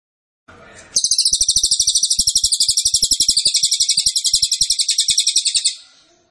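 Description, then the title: Cililin: brief noise precedes a high, rapid trill of steady buzzy pulses, sustained for about five seconds before stopping. Cililin song, used to teach songbirds. "Cililin AMPUH. Masteran Burung cililin masteran sang juara"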